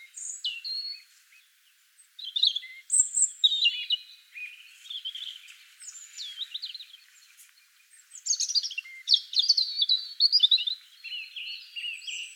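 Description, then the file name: European robin song: high, liquid phrases of thin whistles and rapid trills, varying from phrase to phrase, with short silent gaps between bursts. "Erithacus rubecula"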